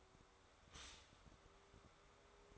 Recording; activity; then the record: daily activity, microphone in the room; stop toaster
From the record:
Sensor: 3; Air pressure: 1014.7 hPa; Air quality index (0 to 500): 193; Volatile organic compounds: 22 ppm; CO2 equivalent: 2766 ppm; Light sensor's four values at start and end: 4/11/4/4 and 4/11/4/4